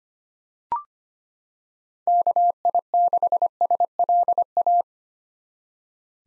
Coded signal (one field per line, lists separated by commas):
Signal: Morse code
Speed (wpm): 25 wpm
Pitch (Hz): 700 Hz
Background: none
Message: KI6SLA